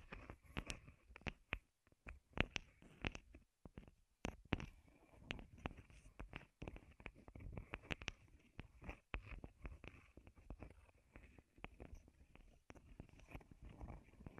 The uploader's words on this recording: ASMR Wood Triggers in Your Ears (No Talking).